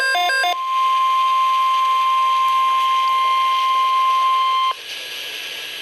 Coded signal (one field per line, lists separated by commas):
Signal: Emergency Alert System (SAME) tones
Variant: 1050 Hz attention tone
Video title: Severe Thunderstorm Watch #2 - 06/30/14 (EAS #758)